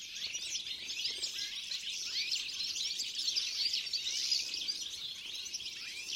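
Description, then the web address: Birds chirping and tweeting together in a busy, unbroken chorus of rapid high notes, many callers overlapping. "Deverinetal"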